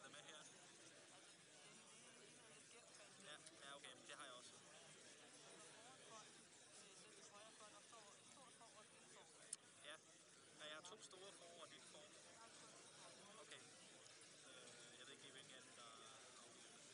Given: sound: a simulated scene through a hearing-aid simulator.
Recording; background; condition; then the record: conversation; cafeteria; -4 dB SNR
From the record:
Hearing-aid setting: II (fast-acting compression, audibility-based gain, advanced features for about 2.5 dB of SNR improvement); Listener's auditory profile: A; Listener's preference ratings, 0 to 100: 39, 31, 9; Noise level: 65 dB SPL